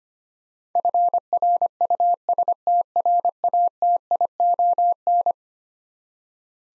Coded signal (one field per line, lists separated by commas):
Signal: Morse code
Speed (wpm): 25 wpm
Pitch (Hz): 700 Hz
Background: none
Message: FRUSTRATION